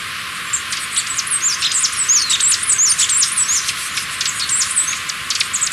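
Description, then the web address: Capped conebill uttering rapid, high-pitched twittering with thin slurred chips tumbling together, nearly continuous against background hiss. Recorded in Ecuador. "Natures Songs S America Birds of Ecuador. Capped Conebill"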